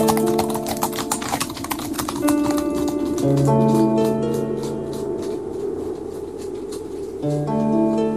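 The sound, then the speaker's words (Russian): Rapid hoofbeats clatter in a quick, uneven rhythm at the start, then fade under sustained, bright musical tones, as chilled horses pull a sleigh away at speed once the coachman takes the reins. No one speaks. “Взял вожжи, и лошади полетели.”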